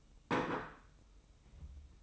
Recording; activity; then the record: daily activity, microphone in the room; place plate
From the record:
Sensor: 1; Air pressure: 990.8 hPa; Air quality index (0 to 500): 135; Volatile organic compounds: 498 ppm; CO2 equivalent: 4817 ppm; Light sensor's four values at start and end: 24/57/24/26 and 24/57/24/26